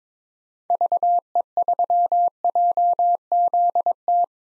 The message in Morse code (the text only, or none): VE3JZT